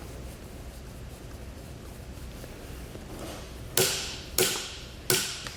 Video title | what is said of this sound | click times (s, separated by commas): etrailer - How to Set Up Your Yakima RidgeLine Roof Rack for Flush Rails on a 2019 Toyota Tacoma | we get this in the correct position go ahead and tighten this down until you hear three clicks from our torque wrench here there | 3.8 s, 4.4 s, 5.1 s